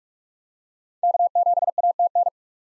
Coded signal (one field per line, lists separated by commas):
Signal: Morse code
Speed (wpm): 41 wpm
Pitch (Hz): 700 Hz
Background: none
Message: K7ATN